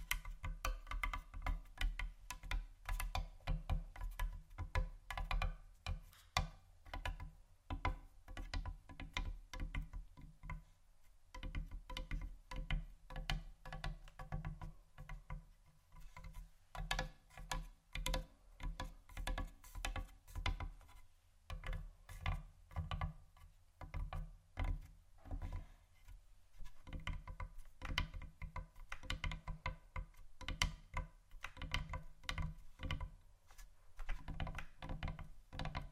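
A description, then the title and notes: Tapping and scratching on a table surface, a busy run of short knocks and taps that come in quick, uneven bursts throughout. Each hit has a dull low thud with a brief click on top, and only a few short pauses break the steady activity. ASMR Tap & Scratch On Table Surfaces （No Talking）.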